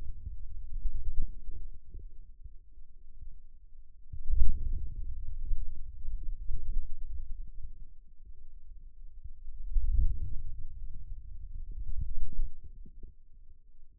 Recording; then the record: forearm muscle sounds (acoustic myography)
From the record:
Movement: wrist extension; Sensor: system 2, bracelet of six BSWA MPA416 microphones around the upper forearm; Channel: 1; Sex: male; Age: 22 years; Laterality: right